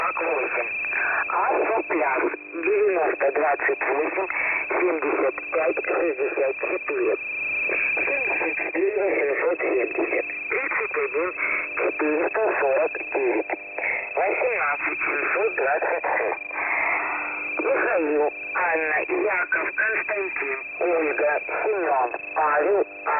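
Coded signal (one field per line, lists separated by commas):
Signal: coded military voice message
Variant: The Pip, Russian voice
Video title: The Pip voice message (December 23, 2020 11:50 UTC)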